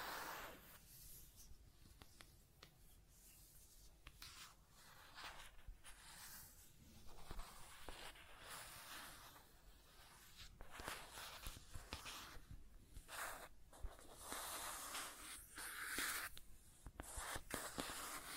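Irregular scratching and tracing strokes, bright and hissy, come in short uneven bursts throughout, with quiet gaps and a low rumble beneath.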